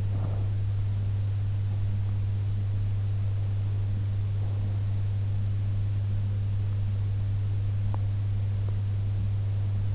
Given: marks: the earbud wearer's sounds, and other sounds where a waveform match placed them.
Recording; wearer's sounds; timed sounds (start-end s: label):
sounds in sleep by an in-ear microphone; breath
0.00-0.72 s: breath